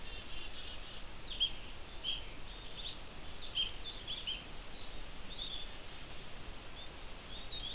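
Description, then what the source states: Black-capped Chickadee calls, thin high notes and short chips repeated at irregular intervals over steady hiss. Calling behind the recordist, described as very curious.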